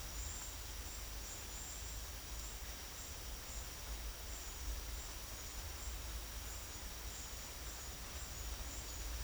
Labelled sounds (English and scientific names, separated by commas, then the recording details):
none
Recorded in secondary vegetation near Puerto Asís, Putumayo, Colombia, on 24 June 2025 at 11:30
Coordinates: 0.500, -76.326
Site GP08